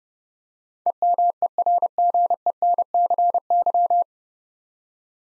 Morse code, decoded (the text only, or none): EMERGENCY